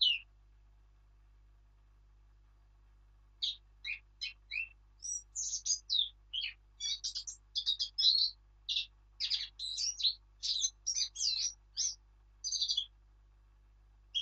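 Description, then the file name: Eurasian blackcap song: a brief note, a few quiet seconds, then a long lively warble of rapid, varied, sweet and chattering notes runs for about nine seconds, stopping shortly before the end. "Sylvia atricapilla"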